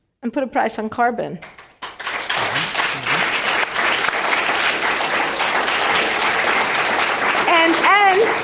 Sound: applause

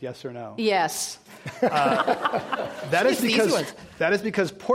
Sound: laughter

